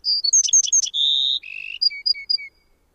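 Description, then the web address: Bewick's wren song, one full phrase: clear high whistles and rapid chips, a long steady tone, a buzzy trill, then three two-part notes. "Songs of Birds of North America Know Your Bird Sounds. Bewicks Wren"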